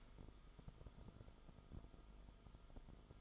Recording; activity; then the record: daily activity, microphone in the room; stand up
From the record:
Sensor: 5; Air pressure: 1005.1 hPa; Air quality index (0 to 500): 107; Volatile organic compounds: 2 ppm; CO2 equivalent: 1308 ppm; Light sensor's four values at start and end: 34/80/32/30 and 34/80/32/30